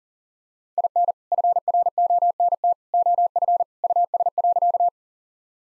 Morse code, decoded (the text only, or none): IN FRONT OF US.